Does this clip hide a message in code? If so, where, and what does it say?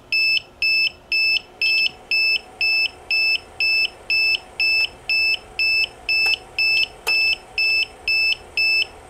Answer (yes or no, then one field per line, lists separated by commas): no